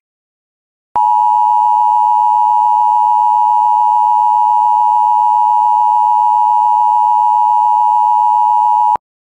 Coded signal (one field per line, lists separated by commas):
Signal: Emergency Alert System (SAME) tones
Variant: 853 and 960 Hz attention tone